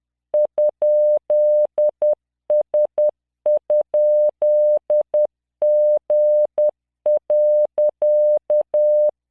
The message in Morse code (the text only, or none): ?S?G.